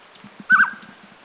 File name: Spot-breasted Scimitar Babbler China 5 March 2010